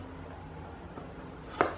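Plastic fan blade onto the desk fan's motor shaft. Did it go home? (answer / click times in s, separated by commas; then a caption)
no / none. A plastic fan blade is pushed onto the motor shaft of an Arno Silence Force 30 cm desk fan, with a low hum underneath and one sharp knock at about 1.6 s. The blade has not seated on the shaft; it does not fit and has to sit differently.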